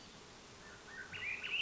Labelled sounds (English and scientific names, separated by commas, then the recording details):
Swainson's Thrush (Catharus ustulatus)
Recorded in Sonoma County, California